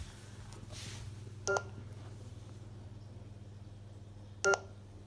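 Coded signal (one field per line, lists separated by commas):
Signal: beep code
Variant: Neato Botvac D3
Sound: two brief buzzy electronic beeps, about three seconds apart, over a steady low hum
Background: low motor hum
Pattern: 2 short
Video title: Neato Botbac D3 beeping sound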